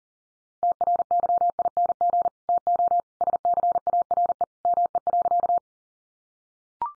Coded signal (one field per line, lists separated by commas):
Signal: Morse code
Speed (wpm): 40 wpm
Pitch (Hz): 700 Hz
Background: none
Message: TRYING TO SCARE ME.